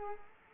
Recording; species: mosquito wingbeat signal from an infrared sensor; Culex quinquefasciatus